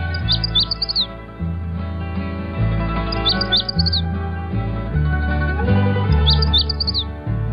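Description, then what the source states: Magnolia Warbler song: three short, high, sweet phrases of quick rising-falling notes, about three seconds apart, over steady background music with low bass. Male song, one of two songs described for males, used in courtship and around the nest.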